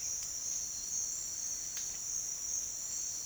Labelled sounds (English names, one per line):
none